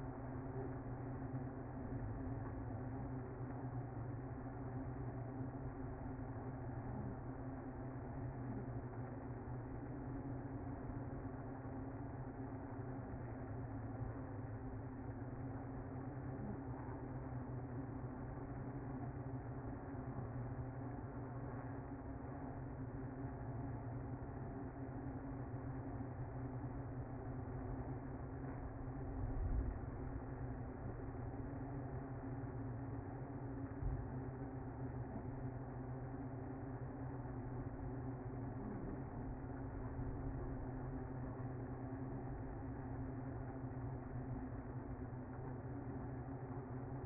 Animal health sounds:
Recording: honeybee colony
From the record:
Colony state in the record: active

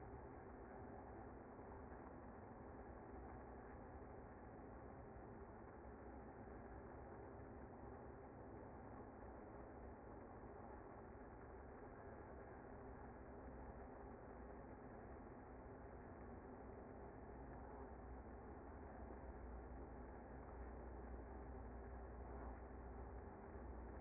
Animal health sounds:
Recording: honeybee colony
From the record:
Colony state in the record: active

